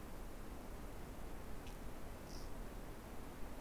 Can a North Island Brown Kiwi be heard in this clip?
no